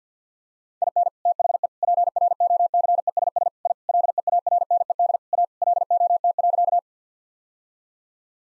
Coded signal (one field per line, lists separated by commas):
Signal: Morse code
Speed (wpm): 50 wpm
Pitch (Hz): 700 Hz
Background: none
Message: IN THE PROCESS I LEARNED A LOT.